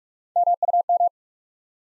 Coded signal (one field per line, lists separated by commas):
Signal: Morse code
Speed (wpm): 44 wpm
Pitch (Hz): 700 Hz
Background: none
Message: MUM